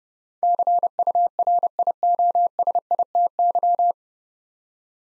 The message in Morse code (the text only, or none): CURIOSITY